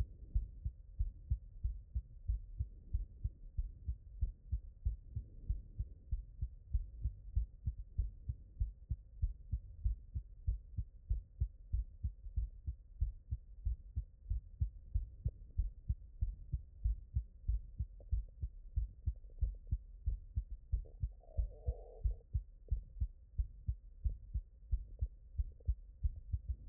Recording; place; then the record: heart sounds by stethoscope; mitral valve (MV)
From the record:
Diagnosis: non-HFrEF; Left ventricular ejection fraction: 61%